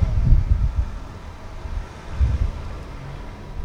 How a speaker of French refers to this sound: Une voiture en fond, peut-être. Ou deux. Sur le vent qui accompagne la chute.